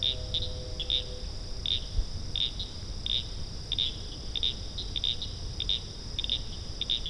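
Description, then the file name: Field cricket chirping in brief, sharp high bursts scattered throughout, with a constant shrill tone behind and low background rumble. "agryllusga"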